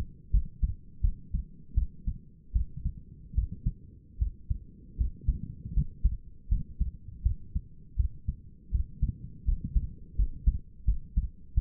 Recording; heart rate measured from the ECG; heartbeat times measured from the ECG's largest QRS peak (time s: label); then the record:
heart sounds by stethoscope; 80 bpm
0.31 s: heartbeat
1.01 s: heartbeat
1.75 s: heartbeat
2.53 s: heartbeat
3.35 s: heartbeat
4.19 s: heartbeat
4.97 s: heartbeat
5.74 s: heartbeat
6.49 s: heartbeat
7.23 s: heartbeat
7.97 s: heartbeat
8.71 s: heartbeat
9.45 s: heartbeat
10.16 s: heartbeat
10.85 s: heartbeat
11.55 s: heartbeat
From the record:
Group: healthy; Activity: cold pressor test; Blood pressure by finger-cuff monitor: 135/88 mmHg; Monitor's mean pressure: 102 mmHg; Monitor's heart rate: 81 bpm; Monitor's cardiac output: 5.8 L/min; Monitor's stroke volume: 72 mL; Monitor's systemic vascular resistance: 1290 dyn s/cm5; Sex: female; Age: 37 years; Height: 168 cm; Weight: 70 kg